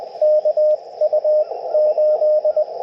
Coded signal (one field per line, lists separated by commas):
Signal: Morse code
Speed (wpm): 20 wpm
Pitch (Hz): 600 Hz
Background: radio noise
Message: KU8